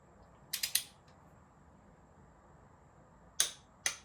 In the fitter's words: There it is, there's the click.